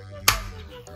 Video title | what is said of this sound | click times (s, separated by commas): iScooter i10 Electric Scooter Unboxing 2021 | snaps into place and we also have this for | 0.3 s